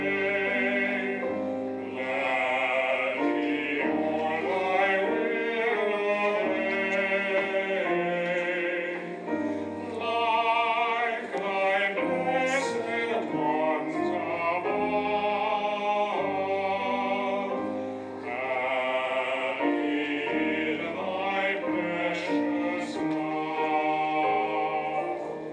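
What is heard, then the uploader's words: A choir sings with the organ, the congregation joining in, in a full, steady hymn that never drops away. Sustained chords shift every second or two over a deep bass line, and the voices ring bright above the organ's low held notes. The choir with the organ, and the congregation singing.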